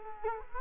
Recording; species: mosquito wingbeat signal from an infrared sensor; Culex quinquefasciatus